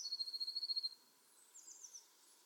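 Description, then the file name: Eurasian blue tit delivering a rapid, evenly pulsed high trill lasting about a second, followed by faint high-pitched twitters and quiet background. "Cyanistes caeruleus"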